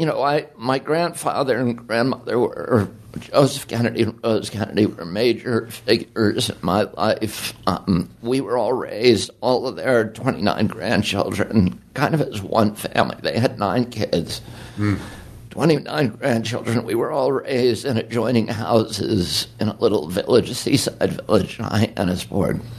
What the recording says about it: I had a very, very strong voice till I was 42 years old, and I got a disease called spasmodic dystonia. And it makes my voice tremble, particularly when I first start talking. Usually when my voice warms up, it gets better. But in the morning, like, you know, right now, it's often really bad.